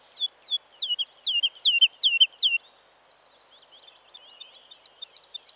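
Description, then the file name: Woodlark song opening with a series of looping whistled notes, then a quieter rapid trilling passage and scattered notes. "Woodlark (Lullula arborea)"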